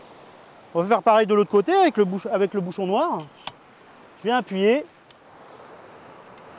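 Someone talks while fitting the second reinforcement arm of a Tiwal 3 inflatable sailboat's frame on the black-cap side, pressing so its push pin clips into the boat structure. A brief sharp hit sounds at about 3.5 s and a faint tick at about 5.1 s, with quiet background noise after. Nothing has seated or clicked yet.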